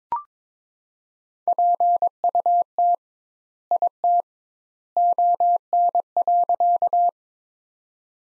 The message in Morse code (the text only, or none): PUT IT ON.